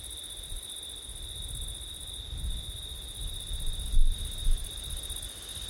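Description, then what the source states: Crickets keep a steady high trill beneath rumbling gusts of wind that swell and buffet, loudest near the end. Crickets on a September night in wind.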